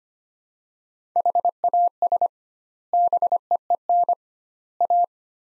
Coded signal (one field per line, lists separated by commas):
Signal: Morse code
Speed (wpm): 25 wpm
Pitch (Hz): 700 Hz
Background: none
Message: HAS BEEN A